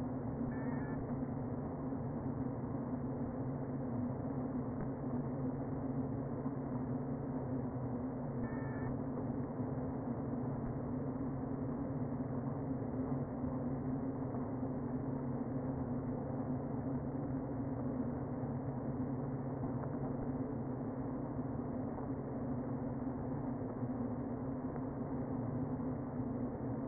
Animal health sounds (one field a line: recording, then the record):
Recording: honeybee colony, microphone inside the hive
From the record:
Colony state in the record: queen present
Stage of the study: before two queens were removed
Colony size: about 60,000 bees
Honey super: yes